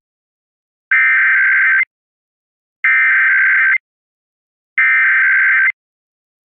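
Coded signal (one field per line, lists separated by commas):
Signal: Emergency Alert System (SAME) tones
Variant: header bursts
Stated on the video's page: Monthly tests captured from several US states.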